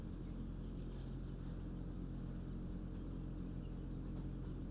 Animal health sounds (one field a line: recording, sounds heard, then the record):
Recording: poultry house recording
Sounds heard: healthy chickens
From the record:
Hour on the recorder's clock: 21